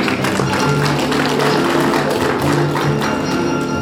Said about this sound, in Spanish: Fuerte los aplausos, por favor.